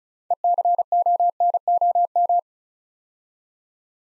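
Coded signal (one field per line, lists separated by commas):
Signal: Morse code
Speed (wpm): 36 wpm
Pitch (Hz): 700 Hz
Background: none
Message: ECONOM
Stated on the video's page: Morse practice building 9-letter words three letters at a time at 35 wpm, for ICR training.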